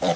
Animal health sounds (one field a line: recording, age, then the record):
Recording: pig call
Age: piglet (1 to 25 days)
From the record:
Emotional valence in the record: positive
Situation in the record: after nursing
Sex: male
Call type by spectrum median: low-frequency call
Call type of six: low-frequency stable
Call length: 0.16 s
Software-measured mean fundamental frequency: 89 Hz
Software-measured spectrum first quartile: 491 Hz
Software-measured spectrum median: 738 Hz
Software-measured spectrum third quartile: 1770 Hz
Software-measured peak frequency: 533 Hz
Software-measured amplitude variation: 98 dB a second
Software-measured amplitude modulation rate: 9.3 a second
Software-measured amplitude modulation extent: 10.6 dB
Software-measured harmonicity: 1.8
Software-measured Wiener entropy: -1.61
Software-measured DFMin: 832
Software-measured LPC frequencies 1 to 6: 644, 2001, 3136, 3728, 5022, 6242 Hz